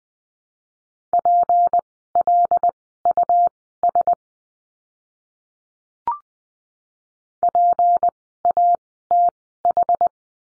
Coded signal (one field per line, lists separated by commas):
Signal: Morse code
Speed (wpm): 20 wpm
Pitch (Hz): 700 Hz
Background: none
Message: PLUS PATH